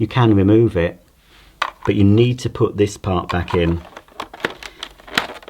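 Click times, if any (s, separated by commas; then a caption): 5.2 s. Someone talks, then the plastic anti-odour dial housing, with its fragrance capsule removed, is pushed back into the floorhead of a Shark Stratos upright vacuum cleaner. Several small taps come between about 4.2 and 4.8 s, followed by one loud click at 5.2 s as the part seats and locks into place. It has to go back in because it sits in the machine's air path, and leaving it out reduces suction at the head.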